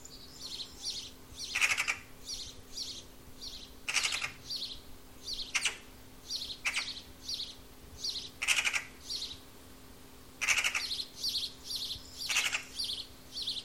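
Bird calls: many rasping, scratchy notes repeated in quick succession, louder ones every couple of seconds, with a steady low hum beneath.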